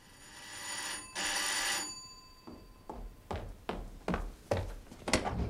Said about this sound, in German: Da ist man zu Hause und da klingelt's plötzlich.